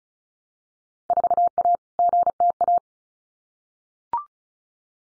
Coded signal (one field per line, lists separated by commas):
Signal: Morse code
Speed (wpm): 34 wpm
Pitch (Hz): 700 Hz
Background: none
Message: 4A GTA